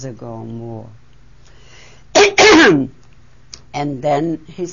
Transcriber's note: she clears her throat